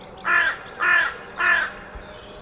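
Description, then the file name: Carrion crow uttering three evenly spaced, raspy caws about half a second apart, then falling silent. "Corvus corone"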